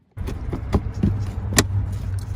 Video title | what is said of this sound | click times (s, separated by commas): How to Replace Air Filter and Cabin Air Filter Ford Fusion 2010 - 2012 | See, once you hear it click, that's how you know it's back in. | 1.6 s